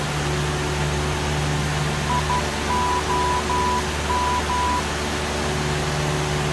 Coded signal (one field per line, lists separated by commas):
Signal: Morse code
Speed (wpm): 12 wpm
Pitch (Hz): 990 Hz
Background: none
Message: IOM